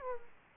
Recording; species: mosquito wingbeat signal from an infrared sensor; Culex quinquefasciatus